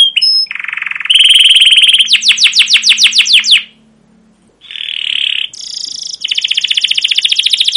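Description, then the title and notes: Canary singing buzzy rolls and rapid repeated chirps, a short gap, then more buzzy notes and a long fast trill. Canary song with emotional "cuit cuit" chirps, used as a lure to prompt other canaries to sing and as a master recording for young canaries learning sounds. "CUIT CUIT NGEROL LANGSUNG GACOR PANJANG Kenari Ini AMPUH Utk Pancingan KENAR. PANCINGAN Kenari GACOR PANJANG Cuit CUIT EMOSI ini AMPUH utk MASTERAN Kenari PAUD belajar BUNYI. burung kenari"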